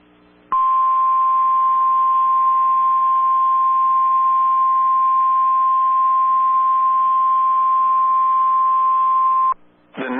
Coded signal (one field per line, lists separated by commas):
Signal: Emergency Alert System (SAME) tones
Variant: 1050 Hz attention tone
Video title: A plethora in the plains EAS compilation part 2, EAS alerts 94-100!!!